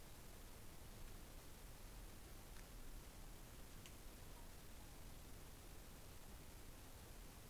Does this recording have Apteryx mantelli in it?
no